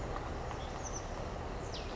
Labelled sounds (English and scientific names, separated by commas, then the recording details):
Oak Titmouse (Baeolophus inornatus)
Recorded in Sonoma County, California